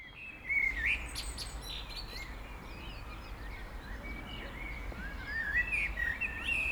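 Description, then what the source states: Eurasian blackbird song: warbled, fluting phrases around the middle pitch with higher squeaky flourishes, over steady low background rumble. Blackbirds heard at Serrières-en-Chautagne, France, on the way to the ViaRhôna.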